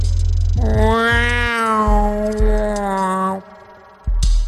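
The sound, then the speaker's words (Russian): An eerie, cat-like meowing howl stretches for about three seconds, rich and wavering slightly in pitch before trailing off, over a low steady rumble that ends with a brief knock. “Как будто кошку придавила, сказала Айрис.”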